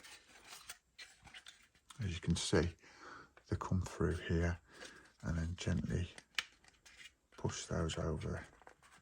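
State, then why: Not seated. Someone talks while handling the plastic left undercarriage door of a 1:18 scale Star Wars X-wing model from DeAgostini issue 41, pushing it through into the fuselage and gently pressing it over, with soft rubbing and a few small taps and clicks of plastic. Nothing has seated or clicked into place yet.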